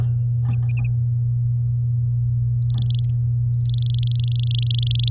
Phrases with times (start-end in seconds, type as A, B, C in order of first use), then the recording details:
2.62-3.06 A, 3.61-5.09 A. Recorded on 10 May 2018 at 13:37. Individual llb16